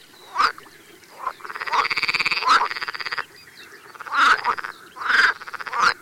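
Pool frog calls: short quacking notes followed by a long rapid rattling croak, then more quacks.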